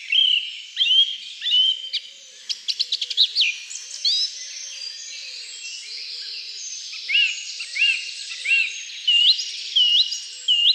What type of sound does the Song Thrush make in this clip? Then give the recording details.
song. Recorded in the wild. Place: Lilienhof / Kaiserstuhl, Baden-Württemberg, DE. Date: 2008-05-03. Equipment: MiniDisc Sharp MT 20 H. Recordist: Schwarz, Dieter